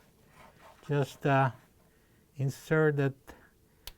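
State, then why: Seated. Someone talks while a plastic wire harness retainer clip is inserted and pushed into a hole in the washer frame panel during a Frigidaire washer vane 134952702 replacement (fits Electrolux), pressed in so it will lock. A single sharp, brief snap is heard at 3.9 s as the retainer seats and locks in place.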